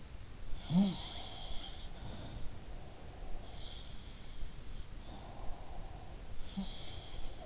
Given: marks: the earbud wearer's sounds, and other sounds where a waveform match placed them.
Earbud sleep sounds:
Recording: sounds in sleep by an in-ear microphone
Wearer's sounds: breath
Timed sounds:
0.57-7.46 s: sound from someone else or the room
0.95-3.92 s: breath
4.95-7.46 s: breath

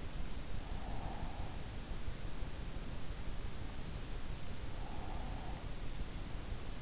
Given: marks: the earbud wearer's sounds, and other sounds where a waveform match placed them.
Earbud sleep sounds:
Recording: sounds in sleep by an in-ear microphone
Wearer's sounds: breath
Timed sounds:
0.90-1.98 s: breath
4.78-6.21 s: breath

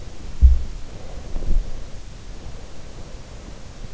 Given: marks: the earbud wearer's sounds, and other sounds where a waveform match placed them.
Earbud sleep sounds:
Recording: sounds in sleep by an in-ear microphone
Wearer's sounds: body movement, breath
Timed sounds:
0.24-1.72 s: body movement
0.82-3.66 s: breath

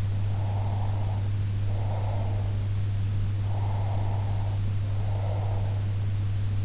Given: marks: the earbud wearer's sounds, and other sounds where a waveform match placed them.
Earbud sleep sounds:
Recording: sounds in sleep by an in-ear microphone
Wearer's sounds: breath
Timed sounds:
0.21-2.67 s: breath
3.47-5.95 s: breath

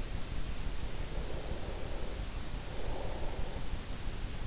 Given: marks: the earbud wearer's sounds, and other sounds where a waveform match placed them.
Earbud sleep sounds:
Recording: sounds in sleep by an in-ear microphone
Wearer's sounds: breath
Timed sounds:
0.80-4.28 s: breath

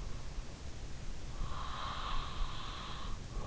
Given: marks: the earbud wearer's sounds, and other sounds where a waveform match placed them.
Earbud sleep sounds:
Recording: sounds in sleep by an in-ear microphone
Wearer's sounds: breath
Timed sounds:
0.38-3.47 s: breath

